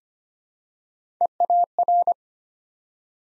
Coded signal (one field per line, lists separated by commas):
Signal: Morse code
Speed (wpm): 25 wpm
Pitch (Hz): 700 Hz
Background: none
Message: EAR